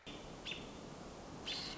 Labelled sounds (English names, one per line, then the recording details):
American Robin
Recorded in Sonoma County, California